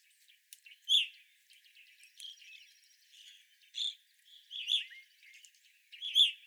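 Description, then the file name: Evening grosbeak calls ring out as bright, piercing single notes, several in six seconds. Quieter chirps and a fine buzzy trill sound behind them. 25 April 2021. "2021-04-25 Evening Grosbeaks"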